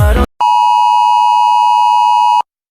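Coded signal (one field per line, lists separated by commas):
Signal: Emergency Alert System (SAME) tones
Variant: 853 and 960 Hz attention tone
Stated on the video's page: Fictional apocalypse EAS scenario with valid EAS tones.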